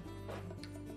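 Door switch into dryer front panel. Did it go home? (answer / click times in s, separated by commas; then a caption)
no / none. A plastic door switch on a Whirlpool dryer is handled as it is pushed into the opening in the metal front panel, to be pivoted until it locks. Low steady hum runs throughout, with faint handling sounds and small ticks near 0.5 and 0.6 seconds. Nothing has seated or clicked yet.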